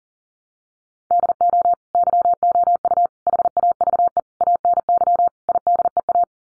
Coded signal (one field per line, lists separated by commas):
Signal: Morse code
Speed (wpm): 40 wpm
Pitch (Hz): 700 Hz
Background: none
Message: DO YOU HAVE ANY IDEA